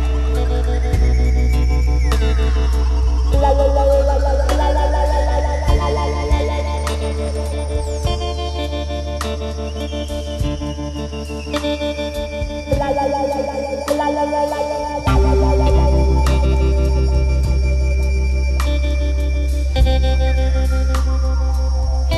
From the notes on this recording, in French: une échappée dans les montagnes du Kham Mouan